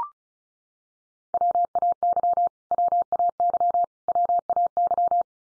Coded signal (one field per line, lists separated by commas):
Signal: Morse code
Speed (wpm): 34 wpm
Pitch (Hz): 700 Hz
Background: none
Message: WAY WAY WAY